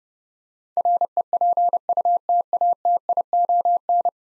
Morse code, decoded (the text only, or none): REPUTATION